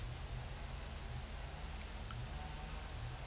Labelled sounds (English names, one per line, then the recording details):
none
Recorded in pastures near Puerto Asís, Putumayo, Colombia, on 21 December 2024 at 13:30
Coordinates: 0.472, -76.329
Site G072